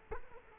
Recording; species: mosquito wingbeat signal from an infrared sensor; Culex quinquefasciatus